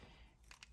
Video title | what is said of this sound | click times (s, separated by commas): From Worn to Wonderful: Porsche 911 Interior Restoration | below the tabs like that you hear it click | 0.5 s, 0.6 s